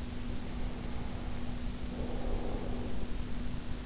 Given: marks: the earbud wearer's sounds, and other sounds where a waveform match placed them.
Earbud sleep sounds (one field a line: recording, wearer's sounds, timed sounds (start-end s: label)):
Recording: sounds in sleep by an in-ear microphone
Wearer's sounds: breath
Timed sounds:
0.20-3.28 s: breath